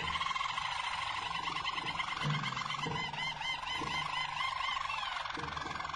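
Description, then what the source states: Harz Roller canary song: a steady rolling trill with bubbling looped notes above it. Belgian Harz Roller canary song.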